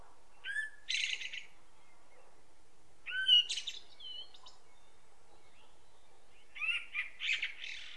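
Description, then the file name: Common blackbird song: three phrases, each a low fluted whistle followed by a high, scratchy twitter, with pauses of about two seconds between them. "Turdus merula"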